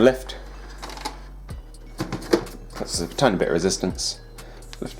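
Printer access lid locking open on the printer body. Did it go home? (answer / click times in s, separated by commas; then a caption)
no / none. Someone talks while lifting the plastic access lid of an HP Envy 6022e inkjet printer against a slight resistance, opening it toward its hold position on the printer body so the ink cartridges can be changed. Short handling knocks and bumps are heard under the speech. The lid has not clicked into its open hold position yet.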